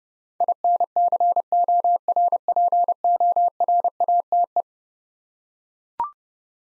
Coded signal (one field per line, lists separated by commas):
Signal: Morse code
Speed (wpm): 30 wpm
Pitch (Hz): 700 Hz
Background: none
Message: INCORPORATE